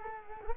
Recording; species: mosquito wingbeat signal from an infrared sensor; Culex quinquefasciatus